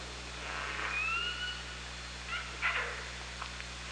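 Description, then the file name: Killer whale calls underwater: a long, clear, slightly rising whistle-like tone, then a few shorter pulsed bursts, over constant hiss and low hum. Killer whale recorded with a hydrophone on 24 August 2017 at about 18:30. "Orca Lab"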